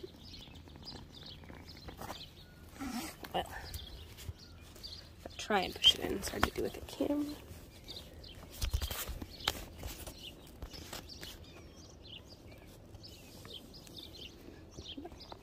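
A 1/4 inch barbed drip fitting is handled and pushed toward a punched hole in poly irrigation tubing while someone talks over outdoor background sounds with scattered light taps and rustles. Nothing has seated or clicked yet.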